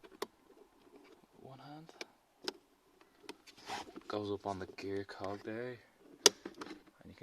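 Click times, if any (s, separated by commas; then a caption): 6.3 s. A plastic cabin filter access cover behind the glovebox of a Skoda Kamiq is hooked up onto its gear cog or hinge and pressed into the housing during a cabin/pollen filter replacement, with a few light taps and knocks along the way while someone talks. At 6.3 s it latches with a sharp click, seating the cover in place.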